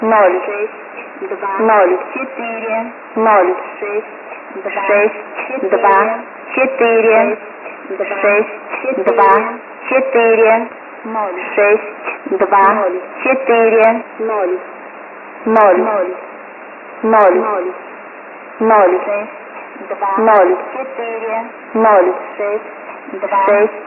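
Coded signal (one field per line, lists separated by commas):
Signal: numbers station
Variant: S06s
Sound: a voice reading single digits at an even pace, two readings seemingly overlapping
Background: radio static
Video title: S06s Plays 2 Messages At Once 31-03-2011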